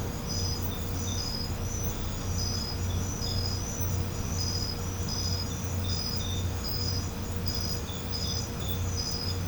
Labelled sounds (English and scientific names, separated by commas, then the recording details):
none
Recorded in pastures near Puerto Asís, Putumayo, Colombia, on 21 December 2024 at 22:00
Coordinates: 0.505, -76.324
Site G063